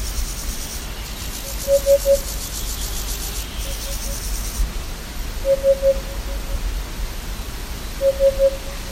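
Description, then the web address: Eurasian hoopoe giving soft, hollow triple hoots, 'oop-oop-oop', repeated every few seconds over a faint high insect buzz that stops after about four and a half seconds, and a low rumble. Recorded at Nes Harim, Israel. "nes-harim senses-way hoopoe"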